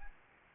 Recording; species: mosquito wingbeat signal from an infrared sensor; Aedes albopictus